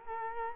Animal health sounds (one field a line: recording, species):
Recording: mosquito wingbeat signal from an infrared sensor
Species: Culex quinquefasciatus